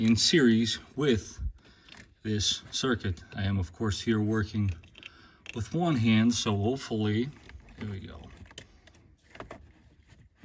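Someone talks while working one-handed, pushing a remote-start harness plug toward a Toyota 4Runner's mating wiring connector so the harness can be installed in series with the circuit. Short plastic handling ticks are heard around 8.6 s and 9.4–9.5 s. Nothing has seated or clicked yet.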